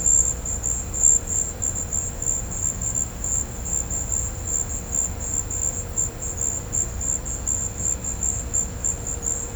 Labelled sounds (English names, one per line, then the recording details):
none
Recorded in pastures near Puerto Asís, Putumayo, Colombia, on 16 December 2024 at 14:30
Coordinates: 0.502, -76.324
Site G077